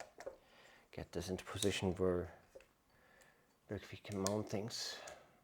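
A gimbal arm or mounting plate on a DJI Ronin RS-2 camera gimbal rig, carrying a Canon R5C with V-mount battery power, is handled and moved toward its locked mounting position while someone talks. Brief handling taps are heard near the start, but nothing has seated or clicked yet.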